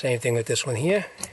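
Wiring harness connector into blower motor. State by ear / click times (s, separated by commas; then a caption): not seated / none. The second electrical connector on a blower motor, a wiring harness plug keyed to go in only one way, is handled before being pushed home while someone talks. Near the end there is one brief, faint tick at about 1.4 s. Nothing has seated or clicked yet.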